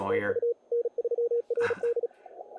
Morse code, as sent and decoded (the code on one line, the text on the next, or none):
- ..- / -. ...-- .-. -..
TU N3RD